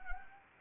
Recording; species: mosquito wingbeat signal from an infrared sensor; Anopheles arabiensis